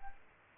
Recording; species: mosquito wingbeat signal from an infrared sensor; Aedes albopictus